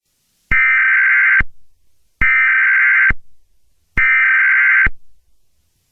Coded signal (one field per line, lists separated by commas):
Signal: Emergency Alert System (SAME) tones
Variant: header bursts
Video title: Time Goes Backwards (Sept. 2020) (EAS Scenario)